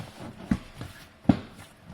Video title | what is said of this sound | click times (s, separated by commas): How to Remove Middle Seat belt in 1999 Honda Accord | that back and you're gonna hear two clicks for the two clips in the front there | 0.5 s, 1.3 s